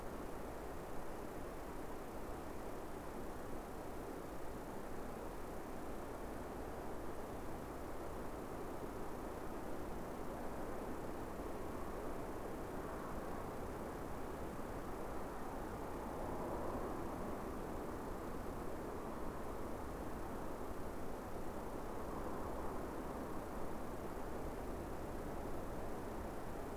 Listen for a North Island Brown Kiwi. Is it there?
no